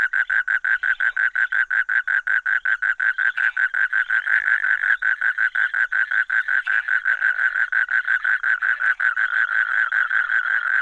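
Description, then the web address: Frog croaking in a fast, regular train of short pulsed notes. Recorded 15 March 2015. "frog rec 150315"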